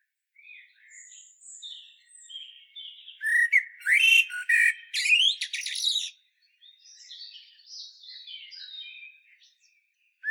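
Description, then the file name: Common blackbird uttering a loud, scratchy run of chattering calls for about three seconds, with softer high twittering before and after. "Turdus merula"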